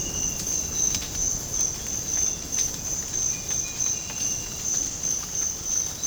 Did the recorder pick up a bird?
no